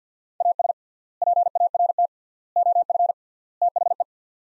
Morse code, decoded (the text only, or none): AS PART OF THE